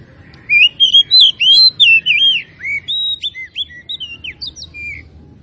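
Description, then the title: Oriental magpie-robin song: a continuous string of clear, slurred whistles, rising and falling, repeated quickly over a soft low hum. Tretes; described as gacor, in full, persistent song. "Kacer Tretes Gacor"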